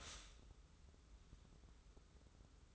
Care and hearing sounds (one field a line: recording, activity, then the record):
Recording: daily activity, microphone in the room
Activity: stop toaster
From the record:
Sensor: 3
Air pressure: 994.5 hPa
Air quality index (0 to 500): 202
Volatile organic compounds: 1000 ppm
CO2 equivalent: 6713 ppm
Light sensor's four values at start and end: 198/475/201/200 and 198/476/201/200